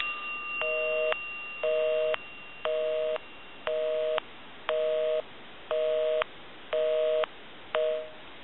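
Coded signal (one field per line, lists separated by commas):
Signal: telephone call progress tone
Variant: North America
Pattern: busy tone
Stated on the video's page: Tone on an Automatic Electric Space Saver 83 Art Deco telephone during initial checkout and repair.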